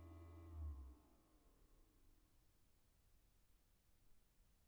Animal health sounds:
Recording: poultry house recording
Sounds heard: no chicken sound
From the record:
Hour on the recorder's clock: 0

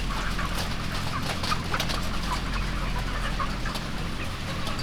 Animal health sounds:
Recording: poultry house recording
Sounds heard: healthy chickens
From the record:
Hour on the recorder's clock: 14

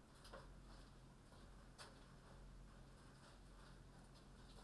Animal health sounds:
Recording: poultry house recording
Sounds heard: no chicken sound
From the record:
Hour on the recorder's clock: 22

